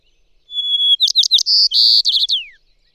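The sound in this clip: White-crowned sparrow song: a clean whistle followed by sharp repeated chirps, two buzzy notes, more chirps and a downward-sliding finish, against a quiet background.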